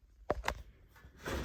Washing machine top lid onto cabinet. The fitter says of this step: We're going to work it back on until it clicks.